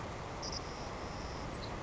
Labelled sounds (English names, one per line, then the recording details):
Savannah Sparrow
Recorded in Sonoma County, California